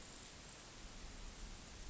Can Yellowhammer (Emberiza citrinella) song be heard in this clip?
no